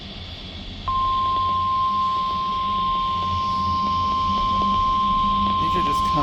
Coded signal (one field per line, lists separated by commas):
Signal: Emergency Alert System (SAME) tones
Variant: 1050 Hz attention tone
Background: speech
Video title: CONVECTIVE CONVECTION.... EAS Alerts from 5/12/26 (New EAS 1,013-1,022)